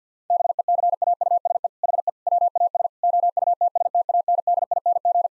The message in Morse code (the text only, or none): BECAUSE HE WAS OUTSTANDING